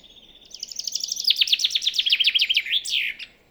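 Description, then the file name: Common chaffinch giving a single fast, descending series of ringing notes that tumbles into a terminal flourish, with a faint note just before it. "Fringilla coelebs"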